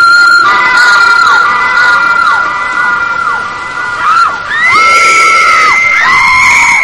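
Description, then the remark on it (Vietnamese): Three girls scream at once as a companion falls into a valley below, long shrill overlapping cries that rise and fall in pitch, over a steady loud hiss of wind and rain. “Những tiếng kêu thét xé lòng của ba cô gái vang lên trong tiếng gió mưa.”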